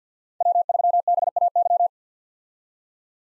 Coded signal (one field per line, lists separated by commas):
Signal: Morse code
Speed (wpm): 50 wpm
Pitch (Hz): 700 Hz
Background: none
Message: W3BAY